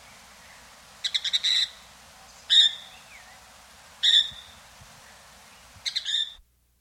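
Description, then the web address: Red-winged parrotlet calls: four short bursts of harsh, buzzy chattering notes, irregularly spaced. Recorded in South America. "Natures Songs S America Red-Winged Parrotlet"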